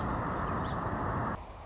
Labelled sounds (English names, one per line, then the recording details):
Song Sparrow
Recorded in Sonoma County, California